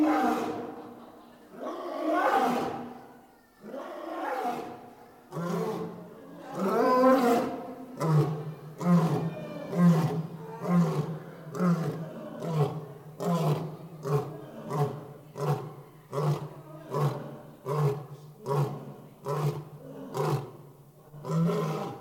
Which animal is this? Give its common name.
Lion